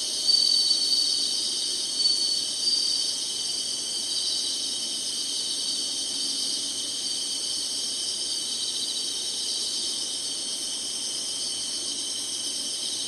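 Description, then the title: Insects in a constant, high shimmering chorus of overlapping trills. Singing, in summer. "SINGING INSECTS SUMMER"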